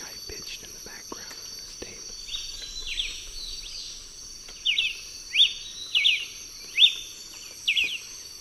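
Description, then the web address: Masked crimson tanager subsong, faint scratchy notes at first, then five bright downslurred chirps spaced up to about a second apart, with a constant high-pitched insect hum throughout. Subsong; eastern lowlands of South America. "S America Eastern Lowlands 521-05 Ramphocelus nigrogularis, subsong"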